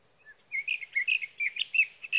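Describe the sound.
Sage thrasher delivering a quick, rambling warble of short whistled and slightly burry notes in a steady stream.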